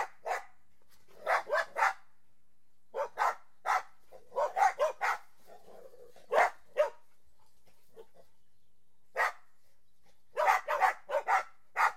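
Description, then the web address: Dog barking repeatedly in short bursts of one to several barks, separated by brief pauses, over a quiet background. "The BBC Sound Effects Library. Dogs"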